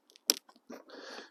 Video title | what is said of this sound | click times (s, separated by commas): 21 WRANGLER UNLIMITED SOFT TOP AND DOOR REMOVAL | once that's unsnapped see how it's elevated now | 0.3 s